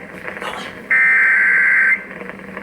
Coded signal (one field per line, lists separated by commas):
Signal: Emergency Alert System (SAME) tones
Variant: header bursts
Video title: KNOCKEMSTIFF... EAS Alerts from 7/6/22 (EAS #7,602 - 7,618)